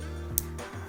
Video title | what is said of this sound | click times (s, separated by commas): NEW Official Fabric Band for Samsung Galaxy Watch 4: unboxing & review | we go click cool now the other one | 0.4 s